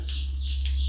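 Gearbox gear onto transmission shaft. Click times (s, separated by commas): 0.7 s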